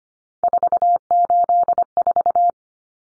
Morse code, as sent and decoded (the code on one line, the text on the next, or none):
....- ---.. ....-
484